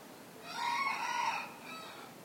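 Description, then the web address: Rooster crowing: a single harmonic crow of about a second, then fading, over a soft hiss. Crowing in the morning. "the sound pack tree. morning with cockcrows"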